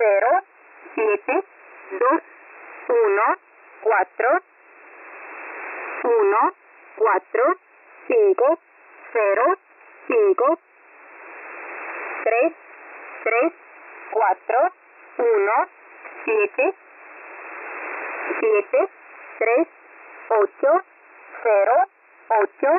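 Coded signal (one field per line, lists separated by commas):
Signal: numbers station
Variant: V07, Spanish female voice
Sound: a woman reading Spanish digits one by one, evenly spaced, over shortwave hiss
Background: radio static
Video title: V07 Spanish Lady 05/05/2024 0700 UTC 14469kHz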